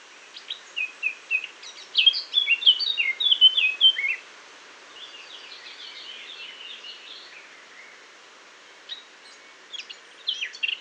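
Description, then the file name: Eurasian blackcap warbling in short bouts: a jumbled run of sweet notes, a quieter phrase after it, then a few scattered notes near the end over faint background hiss. "Sylvia atricapilla"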